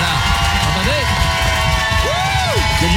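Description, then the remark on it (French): The audience of a show on the radio station Énergie makes a loud, steady roar of crowd noise on request, with cheering, applause and whoops rising and falling over it, dense and continuous for the whole few seconds, with voices shouting above the din. “Et donc là, on est en ce moment sur Énergie, le public, faites du bruit, applaudissez.”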